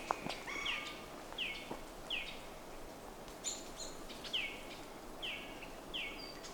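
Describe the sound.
Bird calls: a sharp, descending chip repeated several times over steady background hiss.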